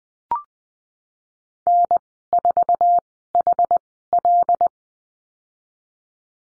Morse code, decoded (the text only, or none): N4HL